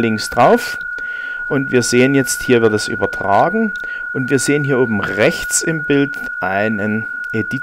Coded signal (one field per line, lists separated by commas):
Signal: PSK63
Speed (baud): 62.5 baud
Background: speech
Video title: Fldigi Makro Teil 1